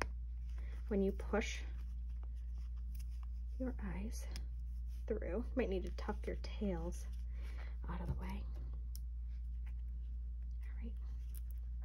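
Plastic backings are being readied to push onto the shafts of plastic safety eyes set in a crocheted candy corn keychain. Someone talks over faint handling sounds and a steady low hum. Nothing has seated or clicked yet.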